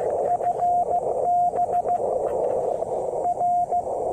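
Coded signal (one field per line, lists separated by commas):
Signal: Morse code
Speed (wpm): 16 wpm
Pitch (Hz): 720 Hz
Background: radio noise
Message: FB R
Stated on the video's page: Test of a QRPGUY V2 keyer with a 2m Twin-DL antenna.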